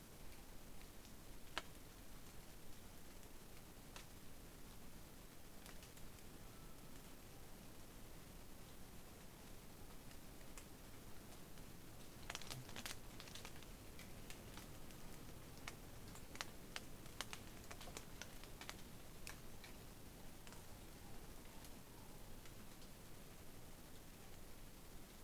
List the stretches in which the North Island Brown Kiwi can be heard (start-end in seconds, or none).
none